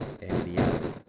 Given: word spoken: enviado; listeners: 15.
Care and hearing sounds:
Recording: one Spanish word in noise, from a listening test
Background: noise modulated by one talker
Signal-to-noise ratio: -8.4 dB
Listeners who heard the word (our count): 0 of 15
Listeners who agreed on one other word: 10 of 15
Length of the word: 0.69 s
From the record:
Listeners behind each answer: 10, 3, 1, 1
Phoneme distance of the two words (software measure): 17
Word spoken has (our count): 3 syllables, 7 phonemes, stress on syllable 2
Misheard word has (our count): 2 syllables, 6 phonemes, stress on syllable 2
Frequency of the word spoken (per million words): 37.78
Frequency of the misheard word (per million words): 20.98

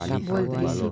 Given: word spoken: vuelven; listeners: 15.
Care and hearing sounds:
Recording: one Spanish word in noise, from a listening test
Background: four-talker babble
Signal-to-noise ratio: -1.2 dB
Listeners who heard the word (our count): 0 of 15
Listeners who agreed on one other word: 13 of 15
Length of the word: 0.52 s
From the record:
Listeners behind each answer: 13, 1, 1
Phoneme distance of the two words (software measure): 10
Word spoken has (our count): 2 syllables, 7 phonemes, stress on syllable 1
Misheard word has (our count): 2 syllables, 7 phonemes, stress on syllable 1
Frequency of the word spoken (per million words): 22.79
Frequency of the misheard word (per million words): 3.07

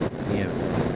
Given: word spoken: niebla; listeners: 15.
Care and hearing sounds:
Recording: one Spanish word in noise, from a listening test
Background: noise modulated by three-talker babble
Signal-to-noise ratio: -4.5 dB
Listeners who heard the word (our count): 2 of 15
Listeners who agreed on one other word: 7 of 15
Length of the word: 0.56 s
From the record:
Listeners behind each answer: 7, 2, 2, 2, 1, 1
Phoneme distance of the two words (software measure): 37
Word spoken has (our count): 2 syllables, 6 phonemes, stress on syllable 1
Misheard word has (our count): 2 syllables, 5 phonemes, stress on syllable 1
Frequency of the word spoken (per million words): 12.61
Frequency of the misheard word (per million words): 118.30

